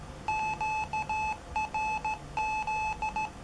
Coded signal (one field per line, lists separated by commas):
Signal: Morse code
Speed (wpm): 15 wpm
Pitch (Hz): 860 Hz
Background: none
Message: QRZ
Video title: Single board Morse code decorder!